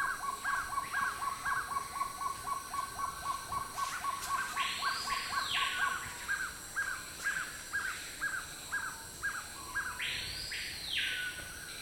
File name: Black tailed trogon